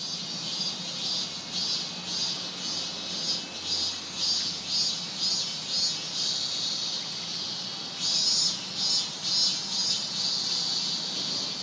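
Cicada call, a high shrill buzz that swells and fades in pulses about every half second.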